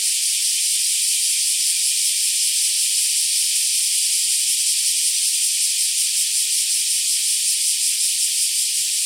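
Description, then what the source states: Black cicadas sounding a level, high, hissing drone with a faint steady pulse beneath it. Several black cicadas calling together.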